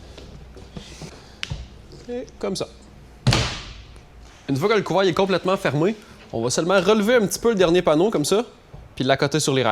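A section of a folding hard tonneau cover is lowered onto the truck bed rails and latches shut with a sharp click at 1.4 s. It is followed by a louder thump around 3.3 s, and then someone talks. The section is seated.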